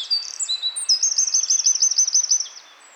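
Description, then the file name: Eurasian wren song fragment: shrill, high notes leading into a fast, ringing trill that runs for about one and a half seconds before fading. "Troglodytes troglodytes"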